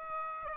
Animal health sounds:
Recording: mosquito wingbeat signal from an infrared sensor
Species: Aedes aegypti

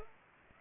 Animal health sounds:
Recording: mosquito wingbeat signal from an infrared sensor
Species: Culex pipiens

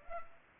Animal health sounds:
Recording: mosquito wingbeat signal from an infrared sensor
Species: Culex pipiens

